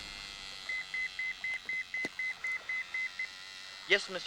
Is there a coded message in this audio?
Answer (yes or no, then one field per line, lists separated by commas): no